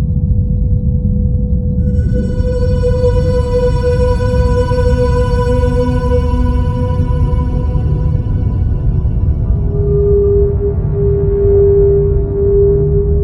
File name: Sonido Canto de Ballenas - Madre Ballena